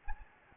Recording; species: mosquito wingbeat signal from an infrared sensor; Anopheles gambiae